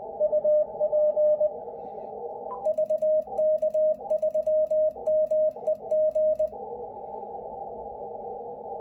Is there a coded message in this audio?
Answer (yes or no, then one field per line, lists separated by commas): yes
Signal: Morse code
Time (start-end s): 0.2-6.5 s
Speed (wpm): 20 wpm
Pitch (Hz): 610 Hz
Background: radio noise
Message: UP VK3MEG